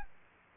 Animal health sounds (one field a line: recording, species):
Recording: mosquito wingbeat signal from an infrared sensor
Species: Culex quinquefasciatus